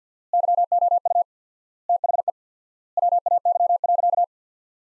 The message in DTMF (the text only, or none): none